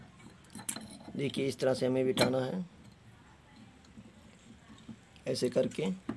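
A rubber seal or washer is handled at the middle section of a metal starter motor housing while a Discover 100cc motorcycle starter motor is being reassembled, so that water cannot get inside the motor. Someone talks over faint handling noises and small metallic clinks. Nothing has seated or clicked into place yet.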